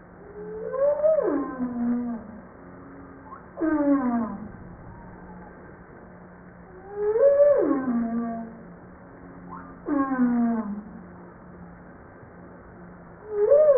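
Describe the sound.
Humpback whale calls: rich harmonic moans that rise briefly and then slide down, alternating with steep downsweeps, repeated in a regular pattern over a constant low hum.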